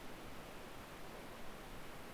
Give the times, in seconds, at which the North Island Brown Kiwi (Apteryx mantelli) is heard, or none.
none